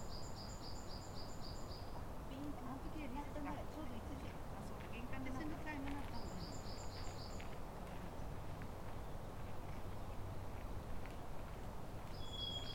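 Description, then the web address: Japanese tit song, rapid two-pitched phrases repeated in short bursts at intervals, over a steady low rumble. Recorded at Kotori no Mori on 30 April 2017. "kotorinomori kotori shijukara"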